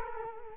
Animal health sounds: mosquito wingbeat signal from an infrared sensor; Culex quinquefasciatus

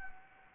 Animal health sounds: mosquito wingbeat signal from an infrared sensor; Anopheles gambiae

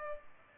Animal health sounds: mosquito wingbeat signal from an infrared sensor; Culex pipiens

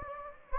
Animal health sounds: mosquito wingbeat signal from an infrared sensor; Anopheles gambiae

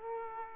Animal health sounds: mosquito wingbeat signal from an infrared sensor; Aedes aegypti

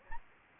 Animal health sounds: mosquito wingbeat signal from an infrared sensor; Anopheles gambiae

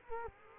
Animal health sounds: mosquito wingbeat signal from an infrared sensor; Culex quinquefasciatus

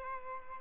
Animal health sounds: mosquito wingbeat signal from an infrared sensor; Aedes albopictus

